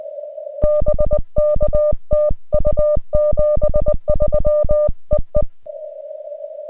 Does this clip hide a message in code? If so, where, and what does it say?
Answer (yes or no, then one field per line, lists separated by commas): yes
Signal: Morse code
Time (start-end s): 0.6-5.4 s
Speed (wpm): 19 wpm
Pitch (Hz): 1200 Hz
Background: music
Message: BK TU 73 EE